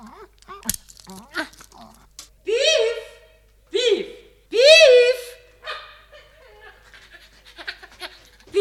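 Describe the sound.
A dog pants in a few loud, voiced bursts with a whiny, rising tone, broken up by short clicks and softer breathy puffs in between.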